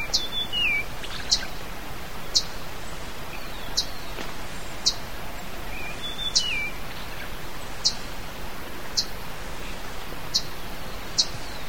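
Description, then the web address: Chiguanco thrush song: two short warbled phrases with sliding notes, separated by a long pause, over a series of sharp high ticks roughly every one to one and a half seconds and faint background hiss. "cantos zorzachigua"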